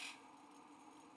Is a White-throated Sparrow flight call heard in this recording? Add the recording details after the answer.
no. No flight call is heard. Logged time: 09:08 on 5 December 2014